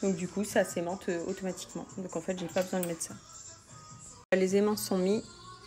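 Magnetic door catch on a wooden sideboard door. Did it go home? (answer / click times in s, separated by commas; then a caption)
no / none. A magnetic door catch is handled on a wooden sideboard door, with the catch plates fixed on the wood. Someone talks over background music, with a brief drop to near silence around 4.3 s. The clip ends before the door is closed onto the catch, so nothing has seated or clicked yet.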